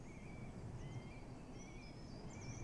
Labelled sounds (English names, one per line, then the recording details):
Eurasian Blue Tit
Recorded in Germany
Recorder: ecoPi